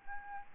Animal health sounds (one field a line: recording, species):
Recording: mosquito wingbeat signal from an infrared sensor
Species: Aedes albopictus